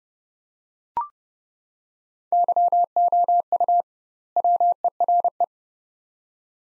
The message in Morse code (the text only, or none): YOU WERE